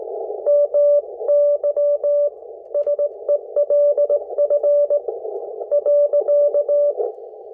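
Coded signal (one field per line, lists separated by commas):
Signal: Morse code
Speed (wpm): 18 wpm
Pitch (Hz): 580 Hz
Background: none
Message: MY SELF .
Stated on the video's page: 40 m CW contact sent on an E.F. Johnson SPEED-X 114-520 bug, the first contact with it.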